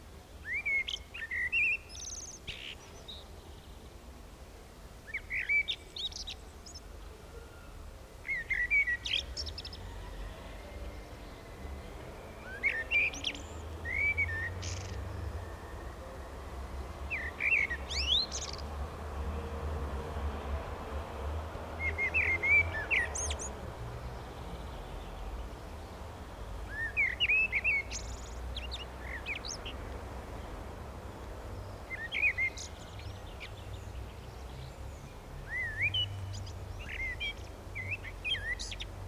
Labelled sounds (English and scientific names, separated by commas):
Common Blackbird (Turdus merula) song